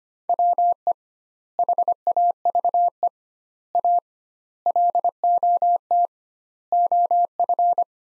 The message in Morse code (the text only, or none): WE HAVE A LOT OF